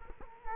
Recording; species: mosquito wingbeat signal from an infrared sensor; Culex quinquefasciatus